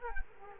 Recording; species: mosquito wingbeat signal from an infrared sensor; Culex quinquefasciatus